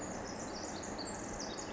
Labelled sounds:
Pacific Wren
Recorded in Sonoma County, California

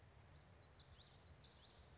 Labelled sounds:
Common Yellowthroat
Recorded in Sonoma County, California

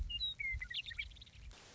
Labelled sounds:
Western Meadowlark
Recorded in Sonoma County, California

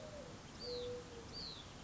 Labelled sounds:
Mourning Dove
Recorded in Sonoma County, California

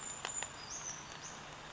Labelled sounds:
Brown Creeper
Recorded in Sonoma County, California

